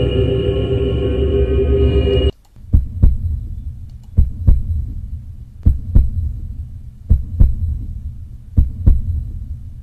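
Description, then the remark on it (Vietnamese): A low, buzzing drone cuts off abruptly, followed by a deep heartbeat sound effect: heavy paired lub-dub thumps repeating at a steady rhythm over a soft low rumble. “Nó làm cho nhịp tim của Lục Sắc lại càng đập nhanh hơn.”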